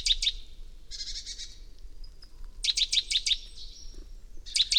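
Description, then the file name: Great tit giving quick sharp ticking notes in short runs, broken by a dry buzzy churr, with another run of notes at the end. "Parus major"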